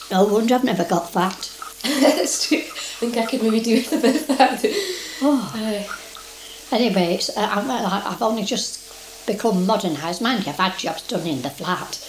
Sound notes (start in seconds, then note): 1.2 laughs; 4.6 laughs